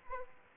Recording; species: mosquito wingbeat signal from an infrared sensor; Aedes aegypti